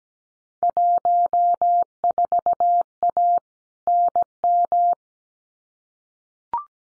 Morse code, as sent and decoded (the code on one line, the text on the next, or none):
.---- ....- .- / -. --
14A NM